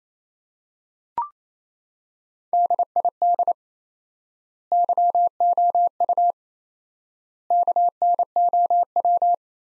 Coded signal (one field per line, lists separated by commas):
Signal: Morse code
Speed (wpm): 27 wpm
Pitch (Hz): 700 Hz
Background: none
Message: DID YOU KNOW